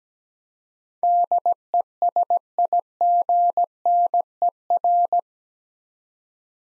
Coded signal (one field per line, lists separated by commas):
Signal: Morse code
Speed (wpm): 17 wpm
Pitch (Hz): 700 Hz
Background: none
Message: DESIGNER